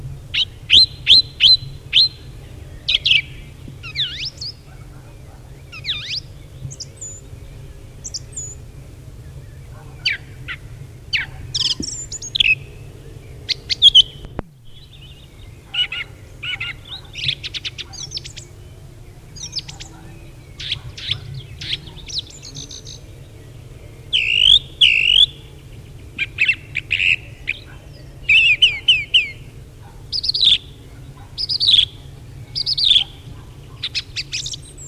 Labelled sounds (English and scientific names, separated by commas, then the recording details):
Song Thrush (Turdus philomelos) song
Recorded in the wild
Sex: male
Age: adult
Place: Feldberg - Koldenhof, Mecklenburgische Seenplatte, Mecklenburg, DE
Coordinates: 53.3333, 13.3167
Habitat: mixed forest
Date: 1976-06-18 19:43
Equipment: Uher CR 210, Sennheiser MD 421 HL, Verstärker, Reflektor, Kopie Uher 4200
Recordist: Tembrock, Günter